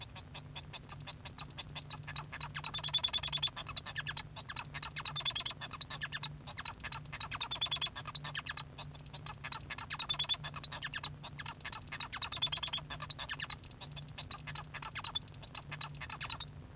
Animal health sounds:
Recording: song of a male Bengalese finch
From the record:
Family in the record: son of father 1

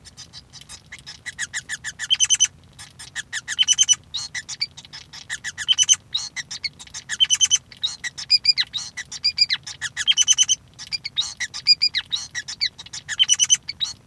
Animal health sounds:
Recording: song of a male Bengalese finch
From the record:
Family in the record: son of father 5

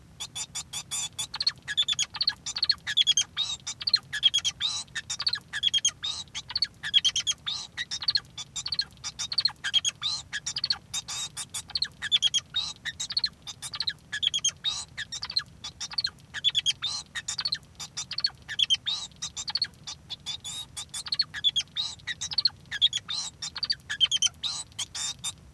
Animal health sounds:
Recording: song of a male Bengalese finch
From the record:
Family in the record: son of father 2

